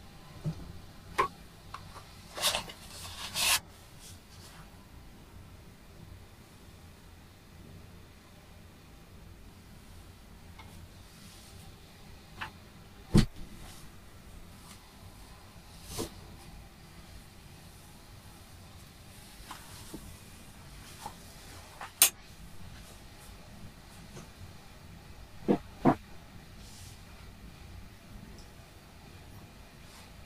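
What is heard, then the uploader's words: A morning cup of tea being handled: sharp clinks and taps of a cup and spoon, bunched in the first few seconds, then scattered every few seconds, with a pair near the end. A low, steady hum fills the background underneath. A morning cup of tea - Apartment 16, Mowbray House. Part of the Sound Map Of Harrogate.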